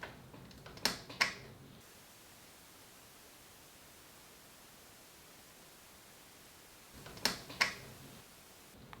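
An 8-pin PCIe power cable plug, a plastic housing with a latch clip, is pushed overhand into a graphics card's power socket until the clip locks over the notch. Two pairs of sharp clicks ring out at 0.9 and 1.2 seconds and again at 7.3 and 7.6 seconds, with quiet in between. The connectors are seated.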